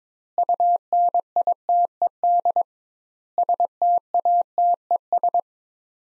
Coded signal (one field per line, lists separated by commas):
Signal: Morse code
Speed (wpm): 22 wpm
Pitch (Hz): 700 Hz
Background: none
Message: UNITED STATES